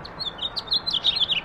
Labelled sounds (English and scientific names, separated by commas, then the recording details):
House Finch (Haemorhous mexicanus) song
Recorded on Long Island, New York, on 18 April 2012
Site GC
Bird A